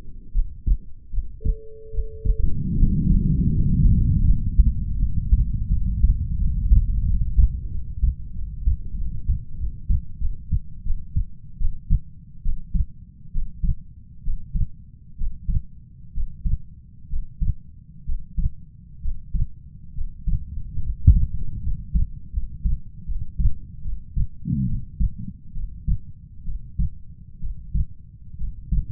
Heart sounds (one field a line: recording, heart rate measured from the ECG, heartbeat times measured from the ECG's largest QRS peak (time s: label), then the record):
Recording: heart sounds by stethoscope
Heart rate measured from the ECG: 75 bpm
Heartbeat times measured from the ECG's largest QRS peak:
0.32 s: heartbeat
1.10 s: heartbeat
1.91 s: heartbeat
2.75 s: heartbeat
3.51 s: heartbeat
4.26 s: heartbeat
4.98 s: heartbeat
5.68 s: heartbeat
6.36 s: heartbeat
7.03 s: heartbeat
7.68 s: heartbeat
8.32 s: heartbeat
8.95 s: heartbeat
9.56 s: heartbeat
10.18 s: heartbeat
10.83 s: heartbeat
11.58 s: heartbeat
12.43 s: heartbeat
13.32 s: heartbeat
14.23 s: heartbeat
15.16 s: heartbeat
16.13 s: heartbeat
17.08 s: heartbeat
18.04 s: heartbeat
19.00 s: heartbeat
19.93 s: heartbeat
20.81 s: heartbeat
21.60 s: heartbeat
22.31 s: heartbeat
23.04 s: heartbeat
23.82 s: heartbeat
24.65 s: heartbeat
25.53 s: heartbeat
26.44 s: heartbeat
27.39 s: heartbeat
28.36 s: heartbeat
From the record:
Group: healthy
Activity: Valsalva maneuver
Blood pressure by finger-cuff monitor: 96/65 mmHg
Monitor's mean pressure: 75 mmHg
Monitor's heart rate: 75 bpm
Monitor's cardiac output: 5.7 L/min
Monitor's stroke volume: 74 mL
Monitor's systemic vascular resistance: 930 dyn s/cm5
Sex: female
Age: 22 years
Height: 160 cm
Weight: 45 kg